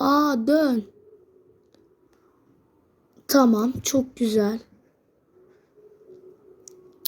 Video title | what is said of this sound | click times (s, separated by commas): Bugün kutu açılımı serisinin 3. videosu geldi bone süper lig top lego ve daha fazlası. | saç niye oturmadı da | none